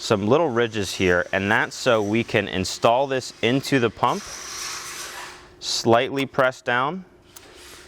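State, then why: Seated. A ridged rubber gasket is pressed down onto the brake vacuum pump housing of a 2022-present Volkswagen Mk8 Golf R/GTI while someone talks, with a soft hiss in the pause after the speech. A small, sharp click at 7.4 seconds marks the gasket seating onto the pump.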